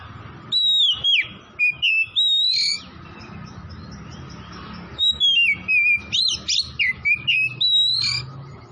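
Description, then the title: Oriental magpie-robin song: rapid run of varied whistled notes, rising and falling, in two bursts separated by a pause, over a constant hum and low background noise. Tretes; singing vigorously, described as gacor. "Kacer Tretes Gacor"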